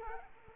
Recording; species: mosquito wingbeat signal from an infrared sensor; Culex quinquefasciatus